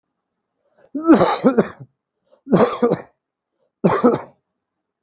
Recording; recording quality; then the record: heavy voluntary cough; excellent, no background noise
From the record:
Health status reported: healthy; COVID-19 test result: not tested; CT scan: not taken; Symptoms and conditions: cough, cold, fever, muscle pain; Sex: male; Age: 34 years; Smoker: no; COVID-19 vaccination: both doses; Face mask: not worn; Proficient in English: yes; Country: India